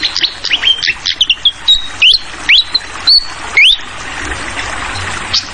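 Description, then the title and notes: Fantail song: clear whistled notes, rising slurs and brief level tones spaced unevenly, over a steady water sound. Masteran (song tutoring for songbirds) recording, clear voice mixed with the sound of trickling water; local names sikatan kipas, sikatan londo. "Masteran Sikatan Kipas Suara Jernih Dan Suara Gemericik Air. Suara Burung Sikatan Londo"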